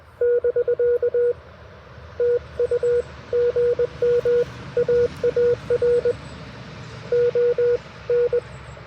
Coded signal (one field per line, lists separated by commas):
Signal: Morse code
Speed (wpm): 20 wpm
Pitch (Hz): 480 Hz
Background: none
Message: <BK> TU GM AAR ON